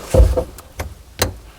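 Under a sink, a kitchen faucet's pull-down spray hose is handled and pushed toward the outlet hose's plastic quick-connect fitting with its o-ring. Rustling handling noise is heard at the start, then brief sharp taps at about 0.6, 0.8 and 1.2 seconds. The hose has not clicked or seated in the connector yet.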